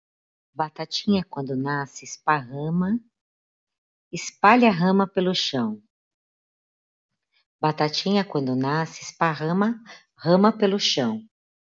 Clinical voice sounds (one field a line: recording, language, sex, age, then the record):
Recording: short text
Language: Brazilian Portuguese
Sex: female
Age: 50 to 59 years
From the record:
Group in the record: control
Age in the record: 56 years